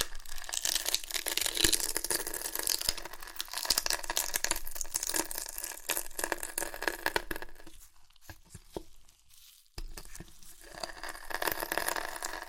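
Crunchy chips are crushed and crackled in dense, bright bursts of crisp snapping and rustling through most of the clip. Around eight to ten seconds the sound thins to scattered sharp cracks and a brief near-silence, then the dense crunching resumes.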